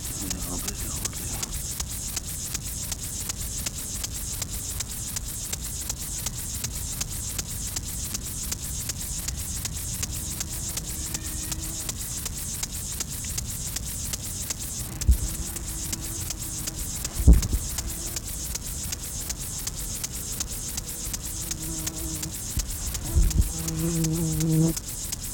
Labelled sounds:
Upland Field Grasshopper (Chorthippus apricarius) stridulation

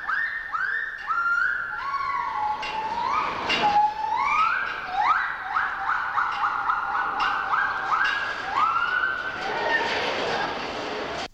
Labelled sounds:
Silvery Javan Gibbon (Hylobates moloch)

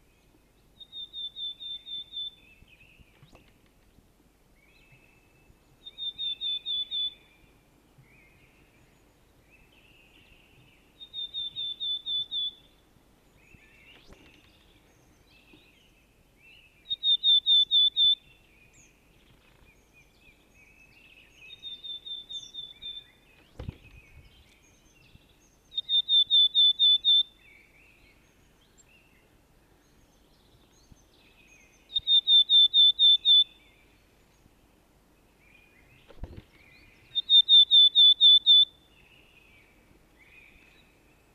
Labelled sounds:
Willow Tit (Poecile montanus) song

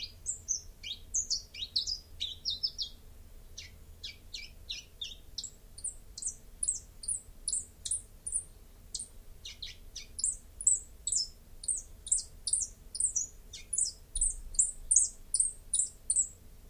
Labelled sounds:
Common Chiffchaff (Phylloscopus collybita) song

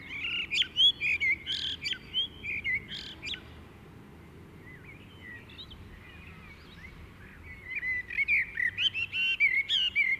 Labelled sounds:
Common Blackbird (Turdus merula) song

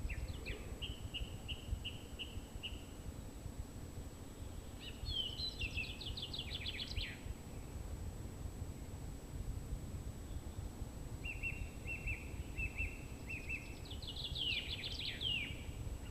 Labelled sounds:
Song Thrush (Turdus philomelos) song

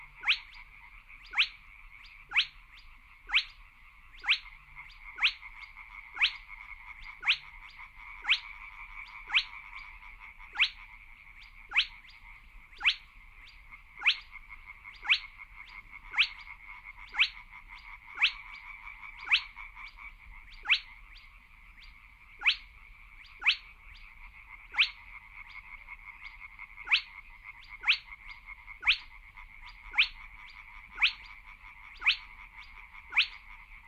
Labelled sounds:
Spotted Crake (Porzana porzana)

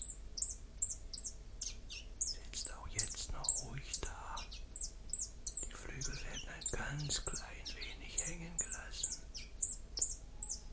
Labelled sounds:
Common Chiffchaff (Phylloscopus collybita) song

